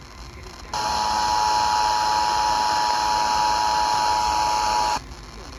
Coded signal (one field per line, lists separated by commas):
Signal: Emergency Alert System (SAME) tones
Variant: 853 and 960 Hz attention tone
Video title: May the 4th Be With You with some EAS Tests (EAS #1200-#1214)